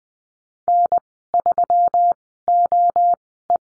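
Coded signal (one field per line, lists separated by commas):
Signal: Morse code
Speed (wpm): 20 wpm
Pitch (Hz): 700 Hz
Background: none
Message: N3OE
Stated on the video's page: Morse course lesson on call signs, Farnsworth speed 20/10 wpm.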